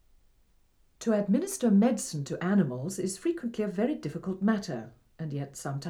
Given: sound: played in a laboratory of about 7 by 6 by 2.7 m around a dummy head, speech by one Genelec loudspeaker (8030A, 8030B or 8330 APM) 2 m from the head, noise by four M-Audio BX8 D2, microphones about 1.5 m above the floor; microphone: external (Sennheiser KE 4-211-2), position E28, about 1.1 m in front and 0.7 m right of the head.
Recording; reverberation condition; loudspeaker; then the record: female speech in English; low; in front (0 degrees)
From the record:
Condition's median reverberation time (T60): about 310 ms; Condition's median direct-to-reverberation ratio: about 3.5 dB